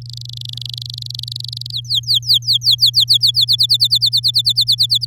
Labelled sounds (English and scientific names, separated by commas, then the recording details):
Domestic Canary (Serinus canaria) song
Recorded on 10 May 2018 at 11:19
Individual llb16